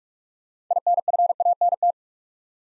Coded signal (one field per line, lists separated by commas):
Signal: Morse code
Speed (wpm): 44 wpm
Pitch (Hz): 700 Hz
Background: none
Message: INFANT